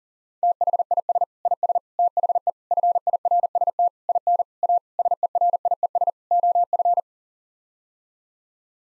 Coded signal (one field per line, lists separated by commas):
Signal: Morse code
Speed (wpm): 40 wpm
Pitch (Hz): 700 Hz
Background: none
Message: THIS IS THE FIRST IN A SERIES OF